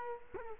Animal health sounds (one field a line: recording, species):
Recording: mosquito wingbeat signal from an infrared sensor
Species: Culex quinquefasciatus